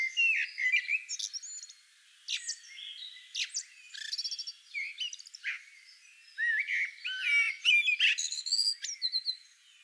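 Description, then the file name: Eurasian blackbird uttering dense bursts of high squeaky, chattering notes, several quick clusters separated by brief pauses. "Turdus merula"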